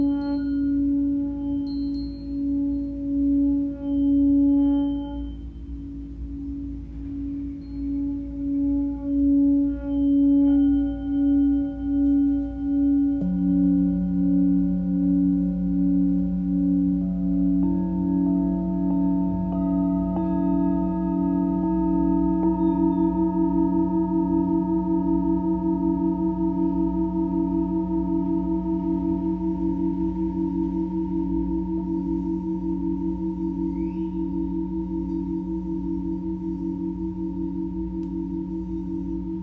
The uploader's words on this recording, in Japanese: チベタンシンギングボウルの子守唄。お話しなしのシンギングボウルのみです。